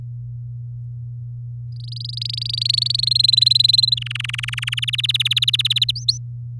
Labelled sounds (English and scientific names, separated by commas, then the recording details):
Domestic Canary (Serinus canaria) song
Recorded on 8 May 2018 at 05:56
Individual llb16